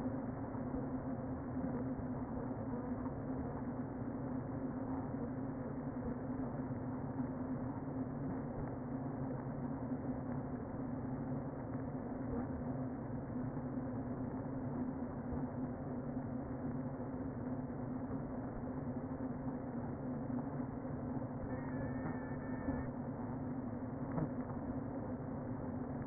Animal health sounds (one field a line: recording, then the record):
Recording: honeybee colony, microphone inside the hive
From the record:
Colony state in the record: queen present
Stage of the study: before two queens were removed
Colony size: about 60,000 bees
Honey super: yes